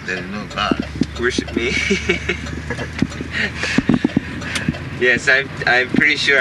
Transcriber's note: laughs